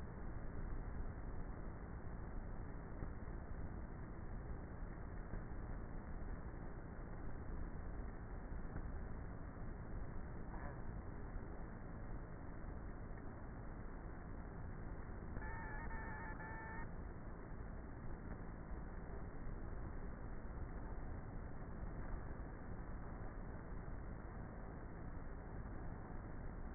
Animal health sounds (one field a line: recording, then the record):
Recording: honeybee colony, microphone inside the hive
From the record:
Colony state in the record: queenless with a low population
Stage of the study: before two queens were removed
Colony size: about 30,000 bees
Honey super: no